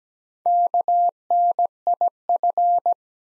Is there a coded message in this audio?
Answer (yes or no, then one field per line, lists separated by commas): yes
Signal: Morse code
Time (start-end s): 0.5-2.9 s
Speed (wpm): 17 wpm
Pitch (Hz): 700 Hz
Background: none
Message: KNIF